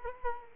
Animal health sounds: mosquito wingbeat signal from an infrared sensor; Culex quinquefasciatus

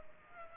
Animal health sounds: mosquito wingbeat signal from an infrared sensor; Aedes aegypti

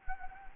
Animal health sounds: mosquito wingbeat signal from an infrared sensor; Anopheles gambiae

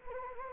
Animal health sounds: mosquito wingbeat signal from an infrared sensor; Anopheles gambiae

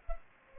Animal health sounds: mosquito wingbeat signal from an infrared sensor; Culex pipiens

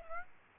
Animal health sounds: mosquito wingbeat signal from an infrared sensor; Aedes aegypti

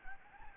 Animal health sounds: mosquito wingbeat signal from an infrared sensor; Anopheles gambiae

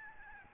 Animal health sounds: mosquito wingbeat signal from an infrared sensor; Aedes albopictus

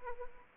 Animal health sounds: mosquito wingbeat signal from an infrared sensor; Anopheles arabiensis

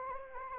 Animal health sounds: mosquito wingbeat signal from an infrared sensor; Anopheles arabiensis

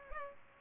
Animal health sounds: mosquito wingbeat signal from an infrared sensor; Culex pipiens

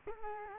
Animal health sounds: mosquito wingbeat signal from an infrared sensor; Culex quinquefasciatus

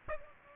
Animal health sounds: mosquito wingbeat signal from an infrared sensor; Aedes aegypti

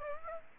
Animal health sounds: mosquito wingbeat signal from an infrared sensor; Aedes aegypti

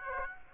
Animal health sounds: mosquito wingbeat signal from an infrared sensor; Aedes aegypti

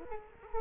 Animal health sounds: mosquito wingbeat signal from an infrared sensor; Culex quinquefasciatus

